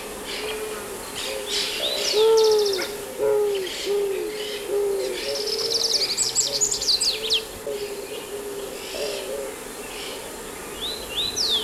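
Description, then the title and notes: Eared dove cooing: a series of low, soft coos with slightly rising then falling notes, while other birds chirp and twitter at higher pitch over a steady background hiss. Song described as repeated, soft, descending 'uúh.. uúh..' notes. "Museo de Ciencias de Bahía Blanca. Torcaza (Zenaida auriculata)"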